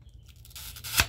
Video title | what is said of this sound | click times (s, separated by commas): Ford Focus Clutch Master Cylinder Replacement! 2012-2018 5-Speed! | till you hear it pop. Should come right out. | 1.0 s